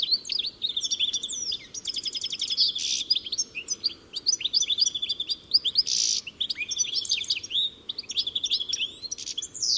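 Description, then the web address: Birds chirping almost nonstop: quick high tweets, short rattling trills and sweeping whistled notes, often overlapping. "Deverinetal. Bird Only"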